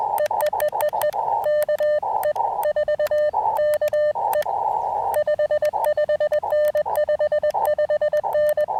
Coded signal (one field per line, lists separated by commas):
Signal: Morse code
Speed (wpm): 21 wpm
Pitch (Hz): 590 Hz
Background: none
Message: EEEEE KE4KE 55N 55N